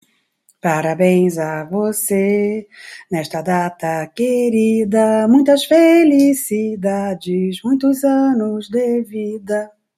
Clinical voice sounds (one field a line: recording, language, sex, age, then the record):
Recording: short text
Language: Brazilian Portuguese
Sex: male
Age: 60 to 69 years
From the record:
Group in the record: control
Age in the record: 63 years